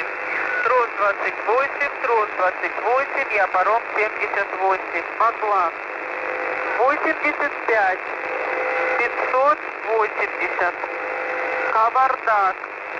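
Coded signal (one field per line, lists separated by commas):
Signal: numbers station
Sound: a voice over noisy shortwave radio reading short, spaced-out words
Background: radio static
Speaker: Examples of messages from numbers radio stations.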